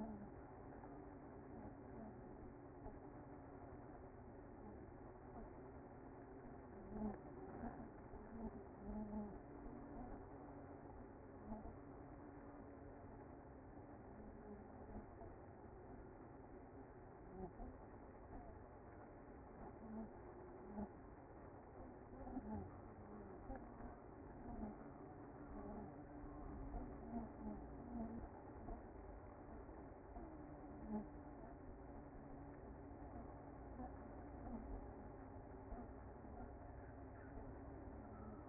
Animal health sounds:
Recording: honeybee colony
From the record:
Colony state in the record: active

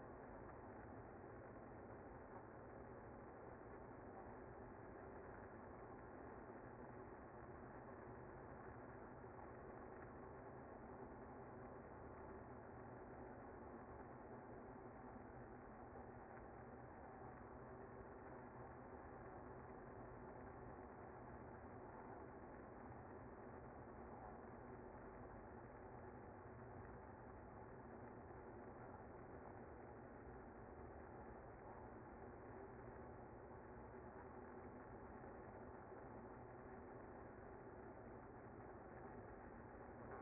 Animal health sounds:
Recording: honeybee colony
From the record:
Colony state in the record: active

